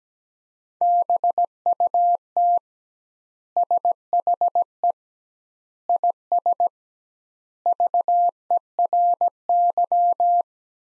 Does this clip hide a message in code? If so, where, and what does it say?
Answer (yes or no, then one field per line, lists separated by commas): yes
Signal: Morse code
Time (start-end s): 0.8-10.4 s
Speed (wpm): 17 wpm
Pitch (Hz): 700 Hz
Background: none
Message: BUT SHE IS VERY